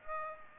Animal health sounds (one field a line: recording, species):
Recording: mosquito wingbeat signal from an infrared sensor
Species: Aedes aegypti